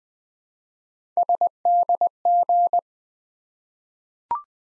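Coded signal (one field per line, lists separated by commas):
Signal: Morse code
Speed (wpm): 20 wpm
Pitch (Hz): 700 Hz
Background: none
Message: SDG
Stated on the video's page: Morse practice of ARRL section abbreviations used in Field Day contest exchanges, 20 wpm, each sent in Morse, spoken, then sent again for head-copy.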